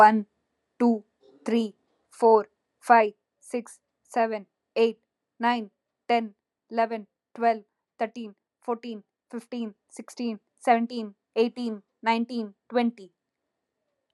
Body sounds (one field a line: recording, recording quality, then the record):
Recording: counting at a fast pace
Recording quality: excellent, no background noise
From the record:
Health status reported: healthy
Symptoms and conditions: none ticked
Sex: female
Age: 26 years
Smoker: not ticked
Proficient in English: yes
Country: India